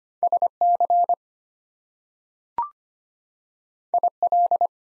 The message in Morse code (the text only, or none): SC IL